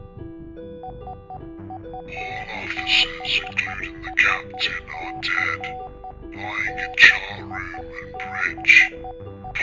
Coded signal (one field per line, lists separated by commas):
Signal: Morse code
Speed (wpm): 10 wpm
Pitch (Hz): 750 Hz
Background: speech, music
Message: SUBSCRIBE